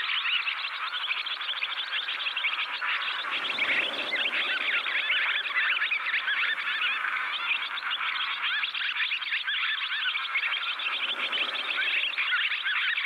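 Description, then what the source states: Barn Swallows twitter nonstop in a fast, chattering chorus, while two low rumbling swells rise and fade beneath them. Swallows singing their rapid-fire song at natural speed beside grazing cattle at Ryan Vella, West Clare, Ireland.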